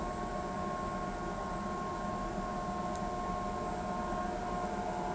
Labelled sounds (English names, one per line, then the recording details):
none
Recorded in pastures near Pivijay, Magdalena, Colombia, on 13 April 2023 at 10:00
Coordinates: 10.456, -74.369
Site P6-G026